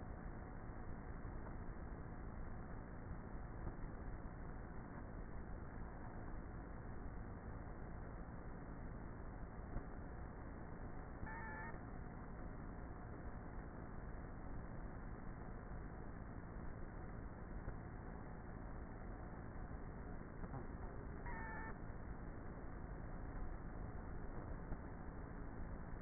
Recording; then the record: honeybee colony, microphone inside the hive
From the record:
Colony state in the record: queenless with a low population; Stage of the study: before two queens were removed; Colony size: about 30,000 bees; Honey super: no